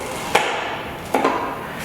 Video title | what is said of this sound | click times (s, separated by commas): How to use your B&W Film Processing DIY kit | this give it a twist until i can feel it click | 0.4 s, 1.1 s